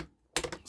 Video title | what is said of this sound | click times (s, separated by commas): Ruger 10/22 Air Rifle from Umarex - Scope Rail Installation | Snaps back into place. | 0.4 s